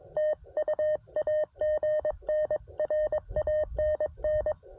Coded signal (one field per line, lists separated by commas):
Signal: Morse code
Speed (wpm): 22 wpm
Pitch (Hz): 610 Hz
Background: none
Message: TU AGN RANN